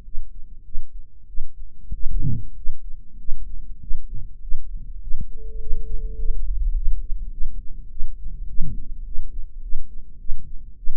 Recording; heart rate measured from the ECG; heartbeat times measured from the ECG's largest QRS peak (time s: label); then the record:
heart sounds by microphone in the right ear; 101 bpm
0.04 s: heartbeat
0.64 s: heartbeat
1.27 s: heartbeat
1.92 s: heartbeat
2.55 s: heartbeat
3.18 s: heartbeat
3.80 s: heartbeat
4.41 s: heartbeat
5.01 s: heartbeat
5.59 s: heartbeat
6.17 s: heartbeat
6.74 s: heartbeat
7.31 s: heartbeat
7.89 s: heartbeat
8.47 s: heartbeat
9.04 s: heartbeat
9.61 s: heartbeat
10.18 s: heartbeat
10.76 s: heartbeat
From the record:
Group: healthy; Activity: rest 0-6 s, cold pressor test 6-11 s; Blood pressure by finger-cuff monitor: 160/114 mmHg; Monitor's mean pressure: 126 mmHg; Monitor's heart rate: 104 bpm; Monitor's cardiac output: 8 L/min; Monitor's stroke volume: 78 mL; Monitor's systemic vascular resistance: 1160 dyn s/cm5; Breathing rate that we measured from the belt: 18 breaths a minute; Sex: male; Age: 23 years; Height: 179 cm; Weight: 87 kg